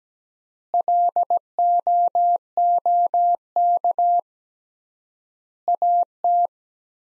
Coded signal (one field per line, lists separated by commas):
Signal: Morse code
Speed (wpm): 17 wpm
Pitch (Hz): 700 Hz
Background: none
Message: LOOK AT